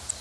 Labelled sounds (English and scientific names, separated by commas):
Northern Parula (Setophaga americana) flight call